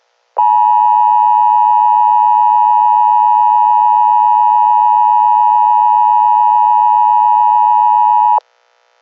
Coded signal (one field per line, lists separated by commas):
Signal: Emergency Alert System (SAME) tones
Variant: 853 and 960 Hz attention tone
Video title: EAS scenario: Reanimation Syndrome (zombie apocalypse)